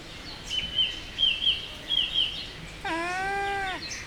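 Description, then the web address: Llama call: a single drawn-out harmonic cry near the end, after a run of repeated high bird chirps. At Jászberény Zoo in 2015. "allathangok jaszberenyizoo 2015 lama kedveshangocska"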